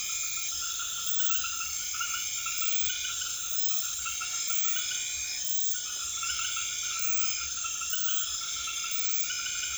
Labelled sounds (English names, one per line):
none